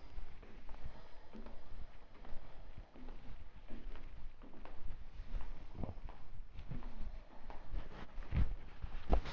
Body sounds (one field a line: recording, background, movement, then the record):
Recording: deep breathing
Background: quiet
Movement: walking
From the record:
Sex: female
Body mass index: 21.8 kg/m2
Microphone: on the chest, facing outward